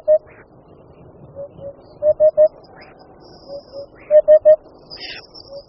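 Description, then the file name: Eurasian hoopoe, steady low 'poo-poo-poo' triplets repeated at regular intervals, with scattered high bird notes in the background. "Dudek-chocholatý"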